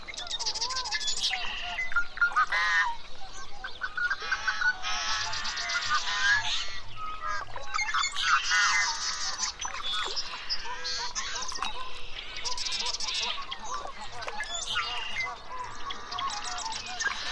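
Birds call almost without pause at a remote mountain lake in Washington's Methow Valley, with bright, busy chirps and trills layered over one another for the full seventeen seconds. Short honking calls break through now and then, and a faint low hum sits underneath.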